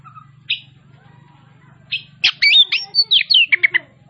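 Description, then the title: Oriental magpie-robin: bird gives two short harsh notes, then a quick series of loud squawky and whistled syllables over a steady low hum. Kacer Tretes, described as gacor (singing vigorously). "Kacer Tretes Gacor"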